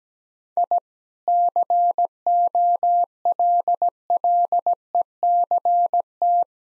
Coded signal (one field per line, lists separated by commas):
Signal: Morse code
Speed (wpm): 17 wpm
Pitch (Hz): 700 Hz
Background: none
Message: I COLLECT